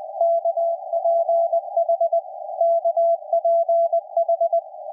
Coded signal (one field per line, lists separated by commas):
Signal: Morse code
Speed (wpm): 20 wpm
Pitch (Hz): 670 Hz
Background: none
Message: KPH KPH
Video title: KPH San Francisco Radio. California. USA. 17.016 5 kHz CW. RSPdx. SdrUno. Fldigi.